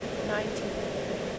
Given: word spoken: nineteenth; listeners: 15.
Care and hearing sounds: one English word in noise, from a listening test; speech-shaped noise; -4.8 dB; 0 of 15; 12 of 15; 0.99 s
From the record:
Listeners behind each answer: 12, 3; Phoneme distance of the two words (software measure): 7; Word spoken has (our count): 2 syllables, 7 phonemes, stress on syllable 1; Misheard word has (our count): 2 syllables, 6 phonemes, stress on syllable 1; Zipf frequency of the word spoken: 2.64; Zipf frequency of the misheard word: 2.66

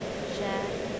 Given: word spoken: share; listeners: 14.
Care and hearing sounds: one English word in noise, from a listening test; speech-shaped noise; -4.3 dB; 1 of 14; 13 of 14; 0.60 s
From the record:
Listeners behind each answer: 13, 1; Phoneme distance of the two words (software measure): 10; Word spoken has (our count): 1 syllable, 2 phonemes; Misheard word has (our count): 1 syllable, 2 phonemes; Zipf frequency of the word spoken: 4.92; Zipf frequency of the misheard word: 4.66

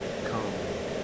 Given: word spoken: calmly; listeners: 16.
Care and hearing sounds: one English word in noise, from a listening test; speech-shaped noise; -4.0 dB; 0 of 16; 14 of 16; 0.64 s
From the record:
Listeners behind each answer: 14, 1, 1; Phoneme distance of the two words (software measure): 14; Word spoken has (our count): 2 syllables, 5 phonemes, stress on syllable 1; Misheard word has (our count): 1 syllable, 3 phonemes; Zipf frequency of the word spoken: 3.30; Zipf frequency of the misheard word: 4.72

